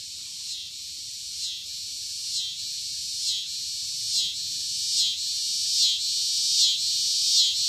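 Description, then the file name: Scissor-grinder cicada song: a continuous high buzzing drone with rhythmic pulsing swells about once a second. "Scissor-grinder Cicada (Wild America)"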